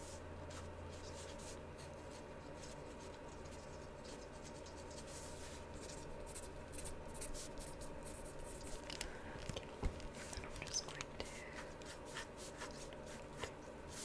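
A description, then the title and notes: A pencil sketching across paper, with a steady run of soft scratching and rubbing strokes. The strokes grow a little busier and more clicky after about nine seconds, with a few light taps. A faint low hum sits underneath. ASMR Sketching Your Face.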